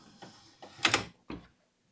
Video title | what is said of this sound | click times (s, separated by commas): Gamefold Table Unboxing : Worth It? (Part 1) | But there are two clicks up it seems. | 0.9 s